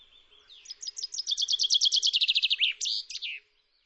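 Bird trill, a fast run of high sharp notes rising in loudness, then a few slurred ending notes; quiet background.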